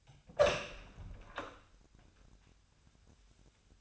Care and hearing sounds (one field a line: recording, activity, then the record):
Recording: daily activity, microphone in the room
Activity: open door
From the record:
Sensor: 2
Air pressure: 1007.0 hPa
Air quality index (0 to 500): 195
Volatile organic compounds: 13 ppm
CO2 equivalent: 2390 ppm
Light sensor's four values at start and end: 10/23/10/10 and 10/23/10/10